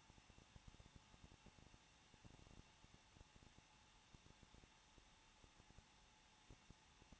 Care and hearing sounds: daily activity, microphone in the room; no activity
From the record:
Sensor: 1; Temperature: 20.1 degrees Celsius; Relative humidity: 39.3%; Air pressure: 1006.4 hPa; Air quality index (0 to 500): 219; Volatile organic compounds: 80 ppm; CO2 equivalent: 3606 ppm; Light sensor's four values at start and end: 1/2/1/1 and 1/2/1/1

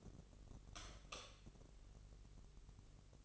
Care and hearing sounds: daily activity, microphone in the room; light off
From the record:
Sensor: 4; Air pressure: 996.1 hPa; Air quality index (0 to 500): 67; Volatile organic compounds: 2 ppm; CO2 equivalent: 1218 ppm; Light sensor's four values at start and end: 18/46/18/18 and 15/33/13/13

